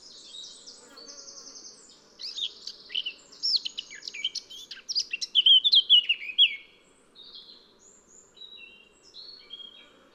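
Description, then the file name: Eurasian blackcap singing: soft twittering builds into a loud rich warble midway, then fades to faint high notes. "Sylvia atricapilla"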